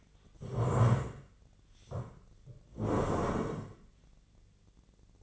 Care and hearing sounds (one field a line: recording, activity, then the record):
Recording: daily activity, microphone in the room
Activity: stand up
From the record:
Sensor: 4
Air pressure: 1013.1 hPa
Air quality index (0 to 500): 172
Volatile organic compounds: 2 ppm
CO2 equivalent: 1087 ppm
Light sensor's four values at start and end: 53/130/55/59 and 53/131/55/59